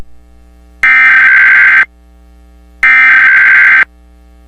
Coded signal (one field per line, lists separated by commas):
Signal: Emergency Alert System (SAME) tones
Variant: header bursts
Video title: EAS scenario The blue K2 part 1